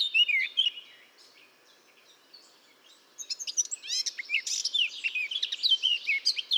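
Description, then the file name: Eurasian blackcap song: a short burst of rich warbling notes, a quiet pause, then a longer, loud, varied warble of quick chirps and fluty phrases. "Sylvia atricapilla"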